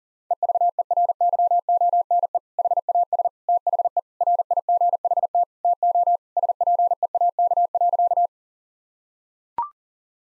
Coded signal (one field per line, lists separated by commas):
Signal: Morse code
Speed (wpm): 40 wpm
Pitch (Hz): 700 Hz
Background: none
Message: EVERYONE HAS THE RIGHT TO SPEAK.